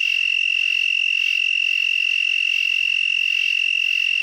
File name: Broad-winged Tree Cricket